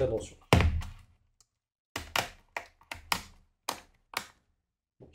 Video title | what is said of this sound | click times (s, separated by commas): Lenovo Ideapad Slim 1 15ALC7 - Démontage et changement d'écran | ça clipse pas parce que forcément j'ai laissé bon plastique que je retirerai hors caméra une fois que j'aurais terminé la réparation | none